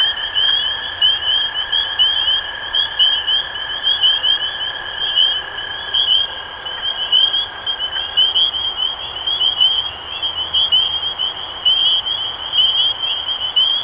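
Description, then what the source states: Dense spring peeper chorus of high rising peeps, accompanied for the first part by a steady lower tone that then stops. Recorded 23 March 2012.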